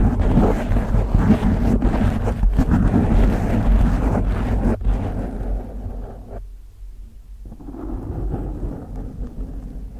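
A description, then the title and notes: Deep scratching with long nails, a dense rough rasping that fills the low and middle range. It runs loud and continuous for about six seconds, drops to a muffled rumble around seven seconds, then resumes more softly toward the end. ASMR Slow and Fast Deep Brain Scratching w Long Nails.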